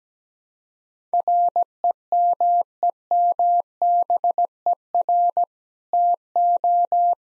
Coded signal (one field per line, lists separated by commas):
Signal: Morse code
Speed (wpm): 17 wpm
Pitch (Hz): 700 Hz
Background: none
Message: REMEMBER TO